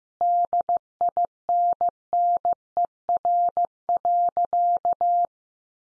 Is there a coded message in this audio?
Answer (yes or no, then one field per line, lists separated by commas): yes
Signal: Morse code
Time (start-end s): 0.2-5.3 s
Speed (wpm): 14 wpm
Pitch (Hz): 700 Hz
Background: none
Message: DINNER.